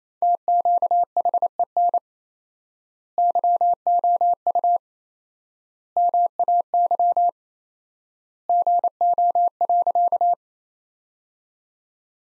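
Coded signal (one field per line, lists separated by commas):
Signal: Morse code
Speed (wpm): 28 wpm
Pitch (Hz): 700 Hz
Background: none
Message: TQHEN YOU MAY GO.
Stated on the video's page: Morse practice sentences from the top 100 words at 28 wpm with 4x standard word spacing, a Farnsworth-like method applied to words.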